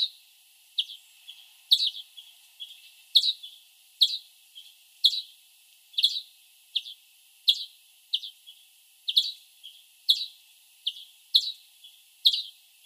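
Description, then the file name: European greenfinch calls: bright, high, clicky notes in a fairly regular run, some louder and sharper than others. "Chloris chloris"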